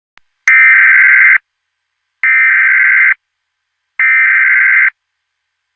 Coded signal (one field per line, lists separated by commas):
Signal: Emergency Alert System (SAME) tones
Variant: header bursts